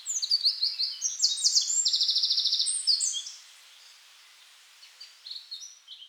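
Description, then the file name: Eurasian wren song: a loud, energetic burst of rattling trills and sharp high notes for about three seconds, then quiet with faint chirps. "Troglodytes troglodytes"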